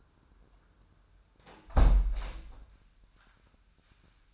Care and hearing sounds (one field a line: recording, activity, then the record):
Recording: daily activity, microphone in the room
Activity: close window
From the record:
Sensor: 2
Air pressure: 998.4 hPa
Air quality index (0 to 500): 145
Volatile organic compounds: 4 ppm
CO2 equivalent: 1654 ppm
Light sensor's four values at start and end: 9/21/9/10 and 8/20/8/9